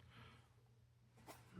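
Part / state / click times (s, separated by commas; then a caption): detachable microphone plug into headset earcup jack / not seated / none. A detachable boom mic plug is pushed into the jack on the earcup of a James Donkey 008 Tactical Master gaming headset, with faint handling rustle and a soft scrape near 1.3 s and a low bump at 1.6 s. The plug still rotates and has not clicked in or seated.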